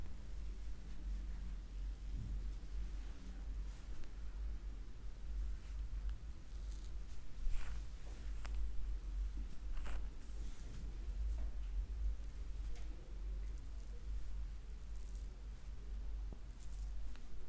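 A neck, back, head and scalp massage, heard as soft rubbing and rustling strokes that come and go every second or two, with brief taps and scratchy brushes around the middle. A steady deep hum sits underneath throughout.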